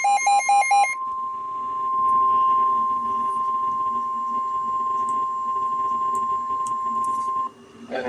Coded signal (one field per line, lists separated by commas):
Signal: Emergency Alert System (SAME) tones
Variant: 1050 Hz attention tone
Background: speech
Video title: EAS Alerts from 7/4/26-7/5/26 #67-82